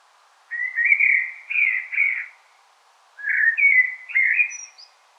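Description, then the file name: Common blackbird giving two flowing, flute-like phrases with a short gap between them, the second ending in a faint high squeak. "Turdus merula"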